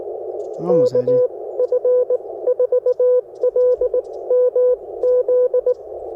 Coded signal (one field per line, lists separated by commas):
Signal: Morse code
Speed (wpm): 19 wpm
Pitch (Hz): 500 Hz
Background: speech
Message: KF4LMZ